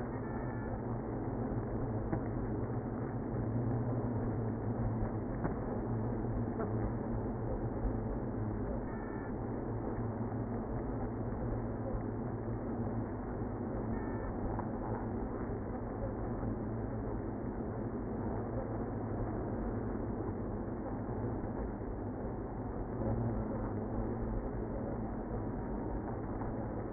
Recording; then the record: honeybee colony, microphone inside the hive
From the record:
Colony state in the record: queenless (queen removed); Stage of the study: after two queens were removed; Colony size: about 60,000 bees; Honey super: yes